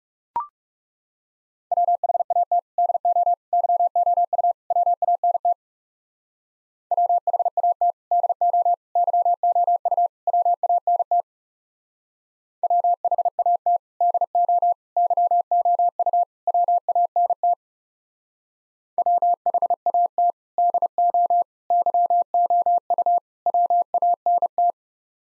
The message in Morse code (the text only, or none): WHAT DO YOU WANT WHAT DO YOU WANT WHAT DO YOU WANT WHAT DO YOU WANT